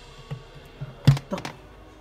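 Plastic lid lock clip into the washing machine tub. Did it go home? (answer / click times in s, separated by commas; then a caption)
yes / 1.1 s, 1.5 s. A plastic lid lock clip on a small portable washing machine (Mito WM 1) is pressed into its catch on the tub. Short, sharp plastic clicks are heard at 1.1 s and 1.4 s, along with a few softer taps around them, and the lid locks firmly shut.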